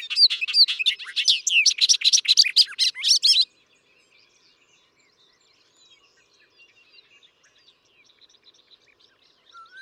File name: Bobolink